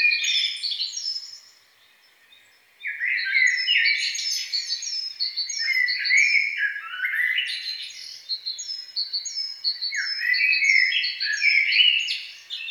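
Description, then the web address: Songbird song: busy chirping phrases with repeated thin high whistles, broken by a quiet gap near two seconds, then continuous to the end. "best service Blue Box birds songbird"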